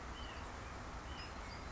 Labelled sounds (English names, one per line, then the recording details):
White-breasted Nuthatch
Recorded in Sonoma County, California